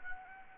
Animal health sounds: mosquito wingbeat signal from an infrared sensor; Anopheles gambiae

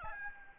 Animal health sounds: mosquito wingbeat signal from an infrared sensor; Aedes albopictus

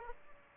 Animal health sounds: mosquito wingbeat signal from an infrared sensor; Aedes aegypti

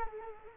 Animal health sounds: mosquito wingbeat signal from an infrared sensor; Culex quinquefasciatus

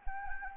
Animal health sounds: mosquito wingbeat signal from an infrared sensor; Anopheles arabiensis

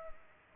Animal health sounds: mosquito wingbeat signal from an infrared sensor; Culex pipiens

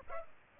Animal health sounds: mosquito wingbeat signal from an infrared sensor; Culex pipiens

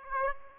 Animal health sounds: mosquito wingbeat signal from an infrared sensor; Aedes aegypti

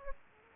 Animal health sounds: mosquito wingbeat signal from an infrared sensor; Aedes aegypti

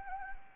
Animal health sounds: mosquito wingbeat signal from an infrared sensor; Anopheles arabiensis

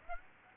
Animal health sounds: mosquito wingbeat signal from an infrared sensor; Aedes aegypti

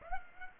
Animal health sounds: mosquito wingbeat signal from an infrared sensor; Aedes aegypti

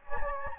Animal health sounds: mosquito wingbeat signal from an infrared sensor; Anopheles gambiae

